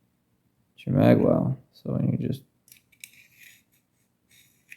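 Someone talks, then a magazine is pushed into the mag well of a 1911 pistol to show the magazine catch locking it, while correcting mag release problems. There are light clicks and scraping from about 2.7 to 3.5 seconds as the first try misses. The magazine then snaps home with a sharp click at 4.7 seconds and is held by the catch.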